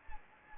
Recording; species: mosquito wingbeat signal from an infrared sensor; Anopheles gambiae